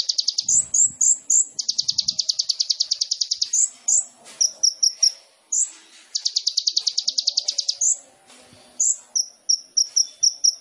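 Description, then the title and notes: Sunbird song with two long rapid trills of high repeated notes, each framed by bright whistled notes and quick series of short high chips. Indonesian masteran training recording for songbirds; sunbird song described as gacor (singing vigorously), with full isian (filler phrases) and tembakan (bursts), intended as pancingan to stimulate other birds. "MASTERAN KOLIBRI NINJA TERBAIK FULL ISIAN DAN TEMBAKAN MEWAH COCOK BUAT PANCINGAN. Suara Burung Kolibri Ninja Gacor"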